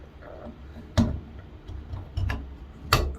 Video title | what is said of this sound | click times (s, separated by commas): How to replace a Powers shower valve & balancing cartridge | hear that snap that's how you know it's in | 2.9 s